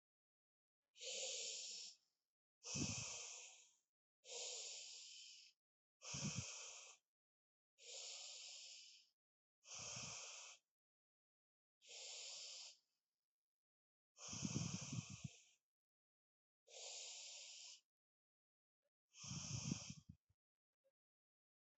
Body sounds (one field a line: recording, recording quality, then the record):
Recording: deep breathing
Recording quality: excellent, no background noise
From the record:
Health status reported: healthy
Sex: male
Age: 29 years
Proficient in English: yes